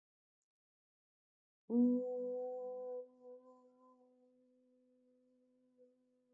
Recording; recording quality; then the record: sustained vowel as in boot; excellent, no background noise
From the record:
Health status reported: healthy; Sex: female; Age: 41 years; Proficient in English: yes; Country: India